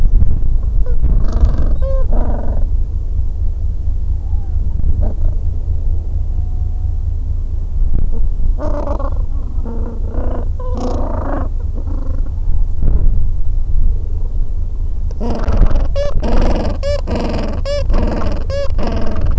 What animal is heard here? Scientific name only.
Pygoscelis papua